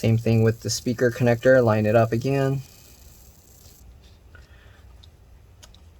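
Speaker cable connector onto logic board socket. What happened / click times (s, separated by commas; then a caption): The small connector was positioned but not yet pressed home / none. Someone talks for the first 2.6 seconds while a speaker cable connector is lined up over its socket on the logic board of a 15-inch Mid 2014 MacBook Pro A1398. This is followed by quiet handling with a few faint small ticks near 4.4, 5.0, 5.8 and 6.0 seconds. The connector has not been pushed down or clicked into place yet.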